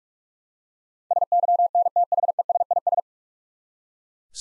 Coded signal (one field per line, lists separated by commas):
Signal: Morse code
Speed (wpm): 42 wpm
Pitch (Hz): 700 Hz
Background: none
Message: SYNTHESIS